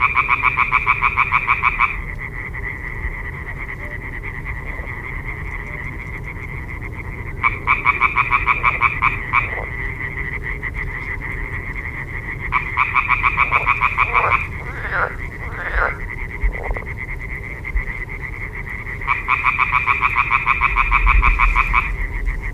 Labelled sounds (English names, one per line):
Common Tree Frog call